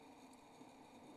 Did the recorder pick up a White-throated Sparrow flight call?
no